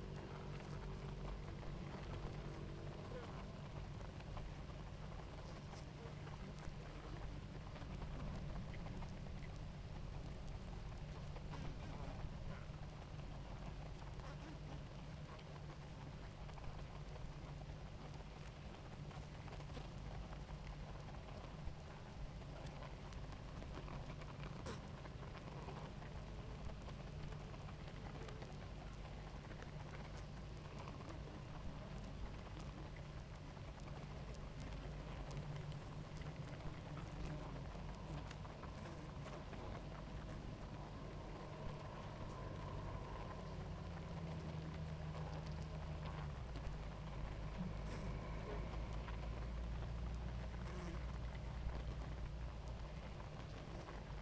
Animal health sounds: honeybee colony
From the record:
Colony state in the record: active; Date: 28 July 2017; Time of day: 18:10

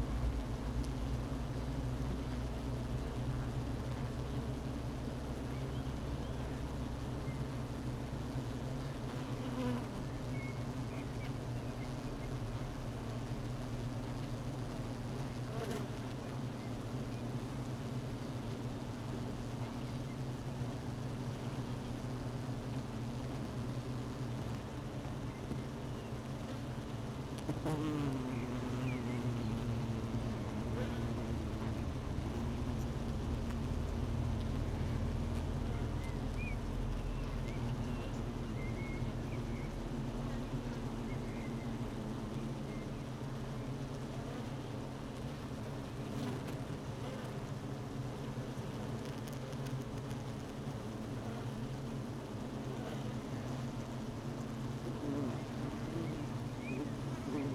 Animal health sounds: honeybee colony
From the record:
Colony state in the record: missing queen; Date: 31 May 2018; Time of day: 12:44

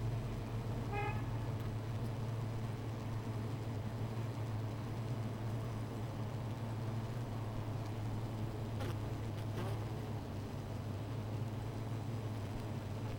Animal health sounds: honeybee colony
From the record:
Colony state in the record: missing queen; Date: 14 July 2017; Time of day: 16:21

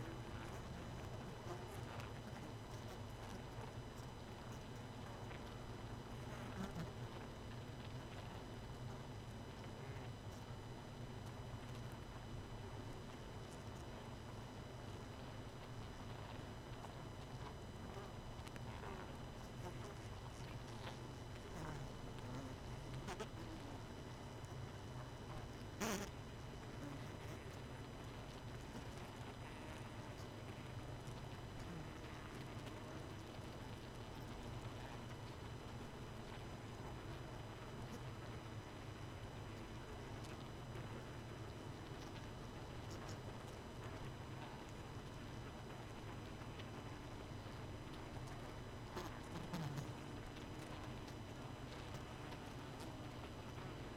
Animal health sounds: honeybee colony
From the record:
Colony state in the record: missing queen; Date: 31 May 2018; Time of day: 23:32

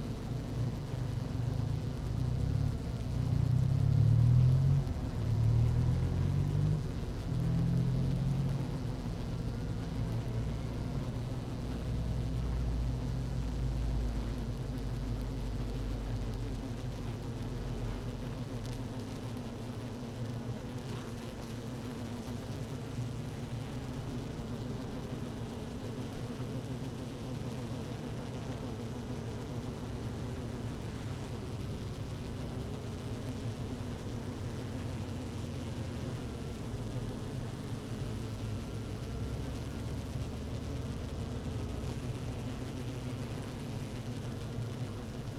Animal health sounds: honeybee colony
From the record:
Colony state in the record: active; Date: 12 June 2018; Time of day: 17:15

